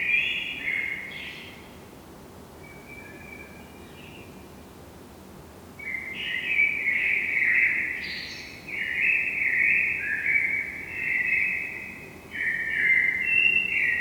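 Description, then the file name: Common blackbird singing: a short phrase, a few faint notes, then a long run of linked, wavering whistled notes, over low background noise. "Turdus merula"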